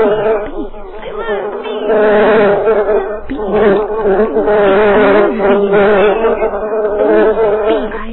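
Bees buzzing as a dense, continuous drone of many overlapping wavering hums, swelling and easing in loudness over eight seconds.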